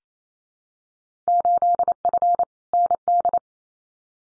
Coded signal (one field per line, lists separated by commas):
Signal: Morse code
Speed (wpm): 28 wpm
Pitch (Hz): 700 Hz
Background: none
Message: 8F ND